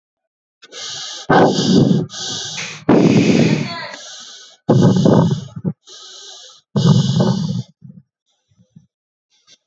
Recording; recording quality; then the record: shallow breathing; moderate, slight background noise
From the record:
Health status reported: healthy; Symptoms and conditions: none ticked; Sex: male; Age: 35 years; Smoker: not ticked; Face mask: not worn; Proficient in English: yes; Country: India